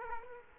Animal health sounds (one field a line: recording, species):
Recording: mosquito wingbeat signal from an infrared sensor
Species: Culex quinquefasciatus